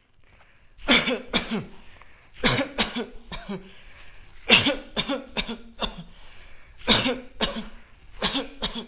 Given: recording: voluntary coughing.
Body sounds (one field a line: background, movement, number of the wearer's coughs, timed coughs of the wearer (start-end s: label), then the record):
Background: quiet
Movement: walking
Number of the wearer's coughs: 13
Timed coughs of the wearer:
0.86-1.22 s: cough
1.31-1.67 s: cough
2.41-2.71 s: cough
2.76-3.05 s: cough
3.23-3.70 s: cough
4.47-4.83 s: cough
4.95-5.23 s: cough
5.34-5.56 s: cough
5.79-6.11 s: cough
6.86-7.22 s: cough
7.38-7.66 s: cough
8.20-8.46 s: cough
8.62-8.85 s: cough
From the record:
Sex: male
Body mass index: 20.6 kg/m2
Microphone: on the chest, facing the body